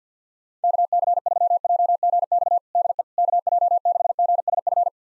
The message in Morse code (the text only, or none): KC3JGX DE KJ6GSF